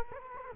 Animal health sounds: mosquito wingbeat signal from an infrared sensor; Culex quinquefasciatus

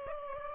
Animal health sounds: mosquito wingbeat signal from an infrared sensor; Aedes aegypti

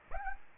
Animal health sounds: mosquito wingbeat signal from an infrared sensor; Aedes aegypti

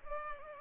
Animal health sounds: mosquito wingbeat signal from an infrared sensor; Culex pipiens

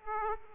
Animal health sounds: mosquito wingbeat signal from an infrared sensor; Aedes aegypti

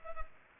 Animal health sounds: mosquito wingbeat signal from an infrared sensor; Culex pipiens

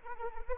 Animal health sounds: mosquito wingbeat signal from an infrared sensor; Anopheles arabiensis

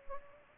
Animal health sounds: mosquito wingbeat signal from an infrared sensor; Anopheles gambiae

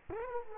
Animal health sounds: mosquito wingbeat signal from an infrared sensor; Culex quinquefasciatus

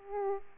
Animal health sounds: mosquito wingbeat signal from an infrared sensor; Aedes aegypti

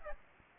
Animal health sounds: mosquito wingbeat signal from an infrared sensor; Aedes aegypti

